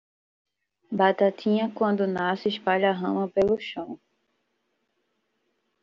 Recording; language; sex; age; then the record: short text; Brazilian Portuguese; female; 20 to 29 years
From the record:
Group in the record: control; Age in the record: 25 years